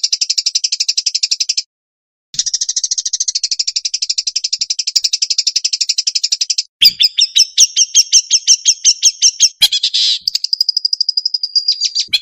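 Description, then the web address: Long-tailed shrike song: rapid, buzzy repeated notes in a dense stream, a brief pause near two seconds, then shifting chattering and whistled phrases toward the end. Training song with varied fill-in phrases (isian variasi). "cendet variasi isian. masteran cendet"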